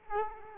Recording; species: mosquito wingbeat signal from an infrared sensor; Culex quinquefasciatus